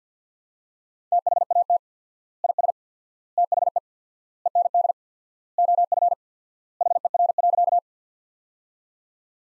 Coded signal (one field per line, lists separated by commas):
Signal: Morse code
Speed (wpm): 50 wpm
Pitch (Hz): 700 Hz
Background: none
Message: THAT IS THE END OF HER.